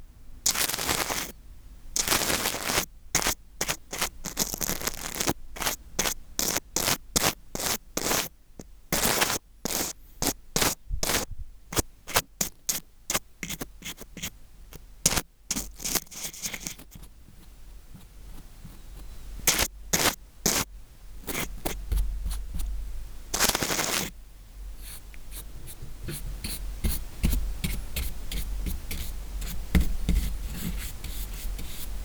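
Scratchy ear cleaning with a cotton swab and brush: quick bristly strokes and crackles come in a dense, fast run through the first half, with a few longer sweeping rubs near 2, 20 and 24 seconds. Later the strokes turn softer and sparser over a low rumble.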